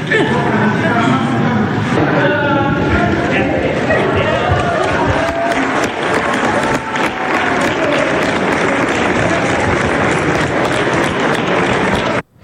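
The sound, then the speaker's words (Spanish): Steady, loud applause from a crowd at Andrés Manuel López Obrador's last press conference, where a watch was raffled, a dense wash of clapping lasting about twelve seconds with voices and chatter mixed in, ending abruptly. “Los aplausos en la rueda de prensa para Andrés Manuel López Obrador, que un gesto sorteando un reloj, de esa forma minimizaba quizás el evento que ha sido bastante emotivo, sobre todo para sus seguidores.”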